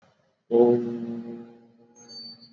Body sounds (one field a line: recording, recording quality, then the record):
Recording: sustained vowel as in boot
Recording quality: excellent, no background noise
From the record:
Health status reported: exposed to COVID-19, no respiratory illness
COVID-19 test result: not tested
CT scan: not taken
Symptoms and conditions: none ticked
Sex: male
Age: 31 years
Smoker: yes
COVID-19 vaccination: both doses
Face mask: worn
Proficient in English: yes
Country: India